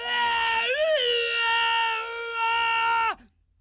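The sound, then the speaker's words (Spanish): A voice imitates the shout of an anteater (tamanduá) that rears up and raises its snout to cry at a man: one long, strained, high-pitched cry that wavers briefly, then holds steady for about three seconds before cutting off. No words are spoken. “El tamanduá lo vio al hombre, clavó sus patas traseras, levantó las delanteras, sacó sus garras, levantó su trompa hocico y le gritó...”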